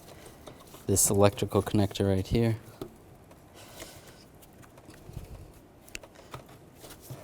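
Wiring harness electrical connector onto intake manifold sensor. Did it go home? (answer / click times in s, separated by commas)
yes / 6.0 s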